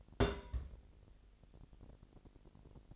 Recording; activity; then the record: daily activity, microphone in the room; place on stove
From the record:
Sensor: 5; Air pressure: 1002.0 hPa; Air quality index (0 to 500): 303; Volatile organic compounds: 43 ppm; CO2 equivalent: 3203 ppm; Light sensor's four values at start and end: 20/43/19/21 and 20/44/19/21